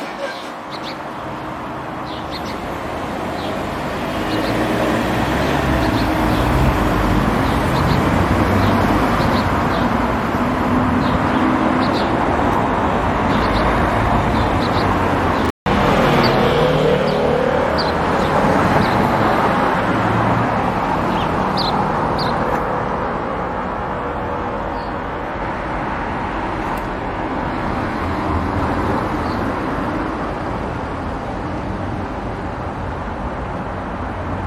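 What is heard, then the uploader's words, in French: Sparrows chirp in short, scattered bursts over a steady, dense traffic rumble, with a brief cut to silence around fifteen seconds. Moineaux.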